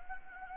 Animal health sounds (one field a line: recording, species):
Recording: mosquito wingbeat signal from an infrared sensor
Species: Anopheles gambiae